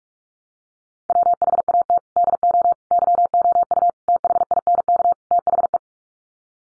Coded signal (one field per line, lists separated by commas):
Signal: Morse code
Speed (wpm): 44 wpm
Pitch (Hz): 700 Hz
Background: none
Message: WHAT DO YOU THINK THE